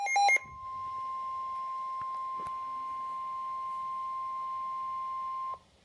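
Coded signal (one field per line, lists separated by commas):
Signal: Emergency Alert System (SAME) tones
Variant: 1050 Hz attention tone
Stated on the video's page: Compilation of real EAS alerts from 2016, received on NOAA Weather Radio.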